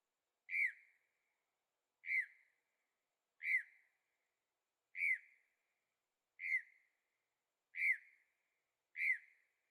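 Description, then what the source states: Bird calls, seven short downslurred whistled notes, evenly repeated about every second and a half, with nothing else heard. Birds singing at night in Carefree, Arizona; recorded with a Zoom H6 and stereo microphones.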